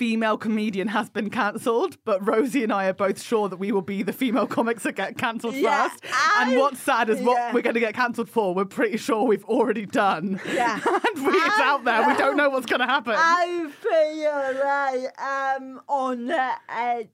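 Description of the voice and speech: A woman speaks at a brisk conversational pace, with fluent, clear articulation and a lively, fairly high-pitched voice. The last phrase is drawn out and playful, with short pauses. This is typical adult speech with no sign of a voice or speech disorder.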